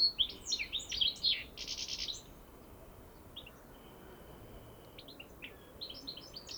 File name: Carduelis carduelis